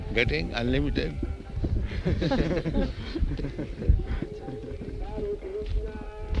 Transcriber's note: laughter